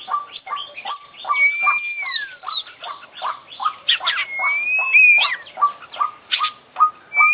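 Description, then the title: Oriental magpie-robin song: steady run of short repeated notes with two long, smooth whistles, one falling away and one rising then breaking, among scattered chirps. Indonesian songbird-hobby recording of an international champion contest bird, full 'isian' song repertoire, bird described as 'gacor' (singing actively). "Kicau Mania - Full Isian Juara Internasional Burung KACER Gacor"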